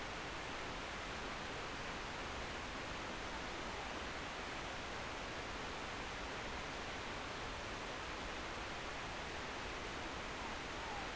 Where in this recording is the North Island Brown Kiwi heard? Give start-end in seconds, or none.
none